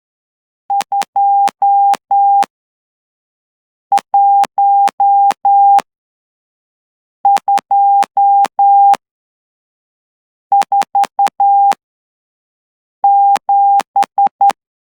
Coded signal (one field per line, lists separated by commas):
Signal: Morse code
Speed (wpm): 11 wpm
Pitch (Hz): 800 Hz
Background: none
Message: 21247